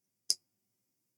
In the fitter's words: Gotta love the satisfying snaps.